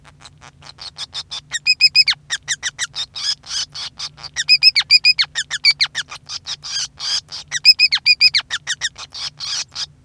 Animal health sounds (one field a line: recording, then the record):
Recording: song of a male Bengalese finch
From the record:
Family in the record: son of father 5